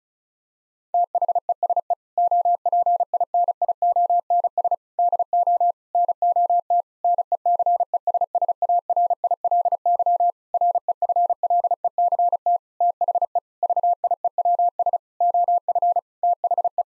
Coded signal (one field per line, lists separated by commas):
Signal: Morse code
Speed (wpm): 36 wpm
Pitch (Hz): 700 Hz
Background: none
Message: THESE OPINIONS DO NOT NECESSARILY REFLECT THE VIEWS OF THE